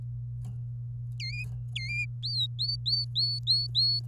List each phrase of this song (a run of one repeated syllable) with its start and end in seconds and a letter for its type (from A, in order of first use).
1.20-1.45 A, 1.76-2.05 A, 2.23-4.00 B